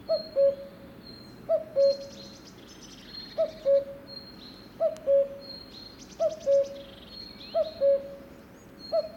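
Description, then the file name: Cuckoo calling a clear falling two-note cu-coo, repeated roughly every one and a half seconds, with thin high whistles and brief trills from other birds behind. "minutes of cuckoos"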